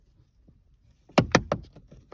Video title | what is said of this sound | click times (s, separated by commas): How to add a live rear view camera to a camaro or any car with a shark fin antenna! | You hear it popping. | 1.2 s, 1.4 s, 1.5 s